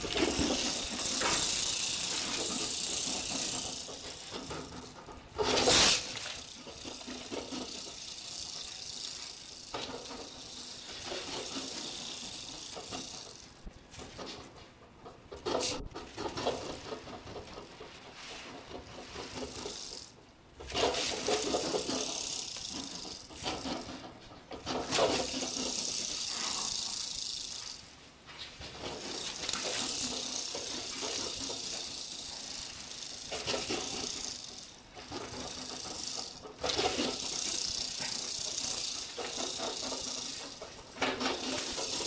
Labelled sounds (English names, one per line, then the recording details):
Malayan Porcupine
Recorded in captivity
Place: Zoopark Erfurt, Thüringen, DE
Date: 1966-09-01
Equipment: Uher 4000 Report-S, Transistorverstärker II, Sennheiser MD 421
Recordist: Tembrock, Günter
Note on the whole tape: Als Acanthion klossi (aus Vietnam) beschrieben. Abwehr mit Schwanzrasseln (Untergattung Acanthion hat "Rasselbecher") durch Berührung mit Besen ausgelöst. Entfernung ca